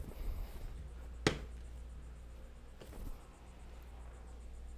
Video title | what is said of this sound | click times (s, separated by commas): JoeFixIt - 3rd gen Prius 2010-2015 Window Belt Moulding replacement | You just follow along to the front, and as you push down, you can hear it snap in. | 1.3 s